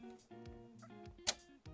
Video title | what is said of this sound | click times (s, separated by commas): FLASHFORGE Aventurer 5M Pro / 469€ Promo Concurrente de Creality et BambuLab ? FR | on entend le clipse et là c'est terminé | 1.3 s